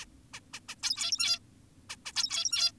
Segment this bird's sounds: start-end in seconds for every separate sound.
0.02-0.05, 0.34-0.40, 0.54-0.60, 0.69-0.75, 0.83-1.39, 1.90-1.96, 2.06-2.12, 2.16-2.72